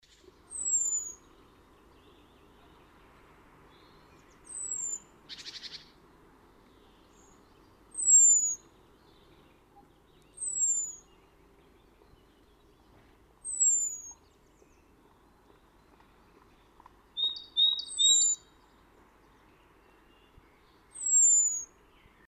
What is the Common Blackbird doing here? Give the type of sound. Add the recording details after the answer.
call. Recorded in the wild. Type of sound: call. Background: Parus major. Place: Kaiserslautern, Rheinland-Pfalz, DE. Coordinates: 49.4247, 7.77889. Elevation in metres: 279. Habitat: garden. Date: 1982-07-10. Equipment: Nagra IV. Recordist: Tretzel, Erwin. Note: Garten, Kaiserslautern: Rufe "sieh"